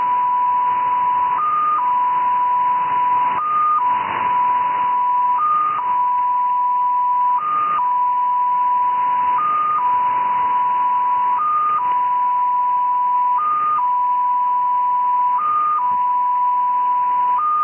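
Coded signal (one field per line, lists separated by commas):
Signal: numbers station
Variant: XPA2, 7.5 baud MFSK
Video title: XPA2 Number Station, SVR Russia, Null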